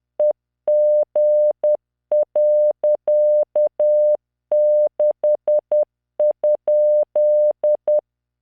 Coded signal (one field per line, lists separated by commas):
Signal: Morse code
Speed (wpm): 10 wpm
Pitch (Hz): 600 Hz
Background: none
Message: EG.6?